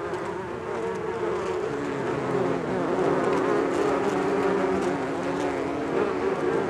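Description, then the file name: Dense bee buzzing, a thick unbroken drone of many wings humming at slightly different pitches, growing a little louder partway through. Several bees. "benboncan bees"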